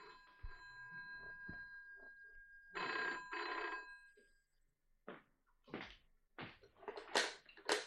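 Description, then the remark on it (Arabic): A telephone rings in two long, bright buzzing bursts, its steady metallic tone cutting in loudly, followed by short bursts of clattering and bumping sounds toward the end as someone goes to answer it. “على كيفك يا سي مجدي، اقوم انا ارد على التليفون”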